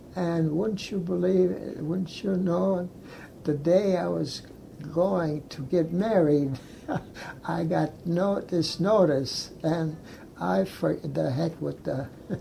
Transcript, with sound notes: and wouldn't you believe - wouldn't know the day I was going to get married (laughs) I got no - this notice and I for - the heck with the (laughs)
Oh.